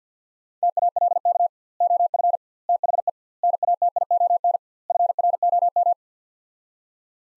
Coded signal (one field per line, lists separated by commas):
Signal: Morse code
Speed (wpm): 49 wpm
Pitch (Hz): 700 Hz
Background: none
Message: TALK OF THE NATION FROM